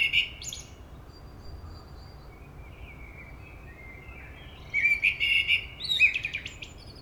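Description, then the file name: Common blackbird with a short high twitter at the start, faint quiet warbles in the middle, then a louder fluty phrase and scratchy twittering near the end. "Turdus merula"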